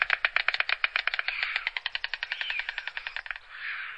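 Stork bill-clattering, a fast series of hard wooden knocks that blur into a rattle and then fade into a softer rasping sound.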